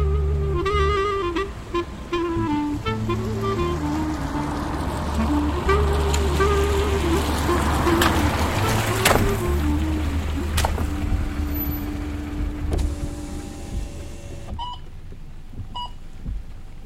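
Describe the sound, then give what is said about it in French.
A car drives along, heard from inside, its steady low engine rumble filling the cabin while a few electronic beeps and tonal notes sound over it. Nobody speaks. “Non, c'est la voiture, j'ai pas l'habitude.”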